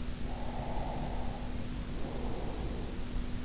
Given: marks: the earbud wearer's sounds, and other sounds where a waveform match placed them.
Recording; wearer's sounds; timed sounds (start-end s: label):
sounds in sleep by an in-ear microphone; breath
0.21-3.04 s: breath